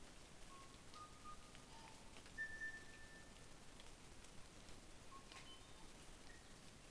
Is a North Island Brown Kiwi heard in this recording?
no